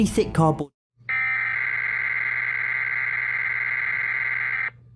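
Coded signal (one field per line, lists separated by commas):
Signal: Emergency Alert System (SAME) tones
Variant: header bursts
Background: speech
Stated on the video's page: Mock EAS made by the uploader, styled as a U-verse EAS screen.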